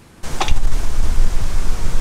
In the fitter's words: you hear click and then it's in free and there's a free axle that is right tithing because